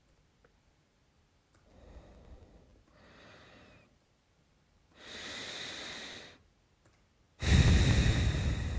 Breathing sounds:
nose breathing near a microphone
1.43-2.76 s: exhalation
2.76-3.73 s: inhalation
4.80-6.73 s: inhalation
6.73-8.79 s: exhalation
From the record:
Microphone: phone

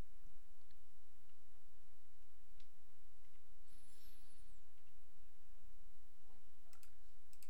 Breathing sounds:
nose breathing near a microphone
3.29-4.79 s: inhalation
From the record:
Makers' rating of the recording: medium

